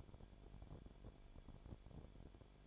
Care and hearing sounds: daily activity, microphone in the room; no activity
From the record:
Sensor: 5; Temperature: 19.8 degrees Celsius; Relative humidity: 33.3%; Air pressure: 1001.4 hPa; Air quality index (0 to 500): 31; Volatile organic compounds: 1 ppm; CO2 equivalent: 524 ppm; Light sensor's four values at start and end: 2/3/1/1 and 2/3/1/1

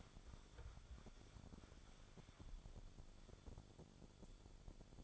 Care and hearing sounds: daily activity, microphone in the room; wipe stove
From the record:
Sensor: 5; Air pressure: 1015.2 hPa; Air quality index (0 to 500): 196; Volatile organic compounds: 8 ppm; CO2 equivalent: 2122 ppm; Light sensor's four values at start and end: 35/83/34/36 and 36/84/34/36

